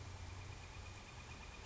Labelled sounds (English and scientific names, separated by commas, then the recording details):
Northern Flicker (Colaptes auratus)
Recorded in Sonoma County, California